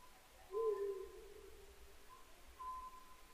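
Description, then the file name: Oriental scops owl giving level whistled notes, with a louder, lower, hollow sound near the start and a faint background rumble. 22 May 2010, 21:06. "konohazuku-20100522-2106"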